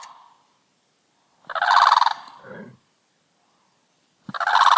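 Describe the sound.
Bird's harsh rattling burst trailing into a lower, rougher sound, followed by silence and another burst beginning at the end.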